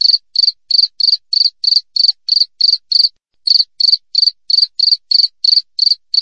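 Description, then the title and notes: Cricket calling with crisp, high pulsed chirps at an even quick tempo, stopping briefly once before continuing. Clear wild cricket chirps with tight spacing, used as a tutor recording for training songbirds and for repelling rats. "Masteran Jangkrik Alam Jernih, Jeda Rapat Cocok Untuk Masteran Burung Dan Mengusir Tikus. suara jangkrik"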